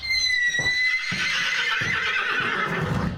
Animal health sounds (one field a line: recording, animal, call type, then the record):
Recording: contact call of a hoofed animal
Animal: horse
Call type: whinny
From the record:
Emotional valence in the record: negative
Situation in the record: separation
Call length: 3.3 s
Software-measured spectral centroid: 2720 Hz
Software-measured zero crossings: 4000 a second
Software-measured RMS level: -24 dBFS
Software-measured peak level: -11 dBFS